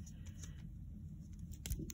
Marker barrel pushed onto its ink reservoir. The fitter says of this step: oh there you go I don't know whether you heard that click and that's actually pierced the um